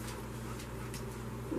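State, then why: Not seated. A V-blade insert is handled and lined up on the frame of an Oxo V-Blade Mandoline Slicer, with care taken around its small blades, before being pushed home to snap in place. Only faint handling rustles are heard over a steady low hum, with a slight rise in level near 1.5 s. The insert has not snapped in yet, and there is no click.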